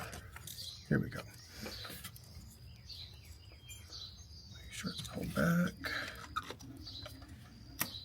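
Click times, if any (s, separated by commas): 7.8 s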